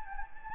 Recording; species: mosquito wingbeat signal from an infrared sensor; Anopheles gambiae